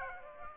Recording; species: mosquito wingbeat signal from an infrared sensor; Aedes aegypti